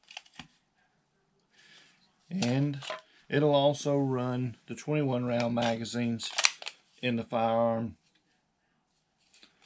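A 21-round magazine is handled at an aftermarket Wilson Combat grip module on a Sig Sauer P320 Compact pistol to show that it fits, with a few faint light clicks at the start and near the end while someone talks. Nothing has seated or clicked into place yet.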